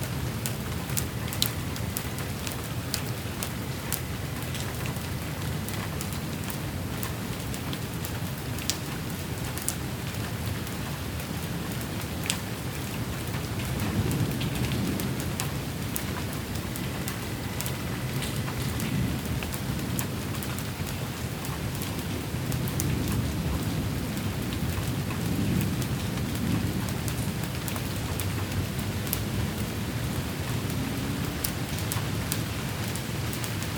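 Steady, dense rain hisses over a city evening, with drips and a low thunder rumble swelling around the middle and later.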